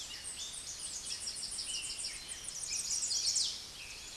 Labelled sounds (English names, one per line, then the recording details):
Chestnut-sided Warbler song
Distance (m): 10 m
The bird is about 10 m above the microphone
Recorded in a Pennsylvania forest on 16 May 2024 at 09:21
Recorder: AudioMoth, point MSD-1360
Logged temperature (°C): 14.8 °C
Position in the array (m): 162 m, 208 m